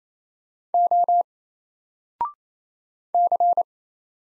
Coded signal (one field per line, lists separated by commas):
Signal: Morse code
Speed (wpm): 28 wpm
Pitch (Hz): 700 Hz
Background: none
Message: O C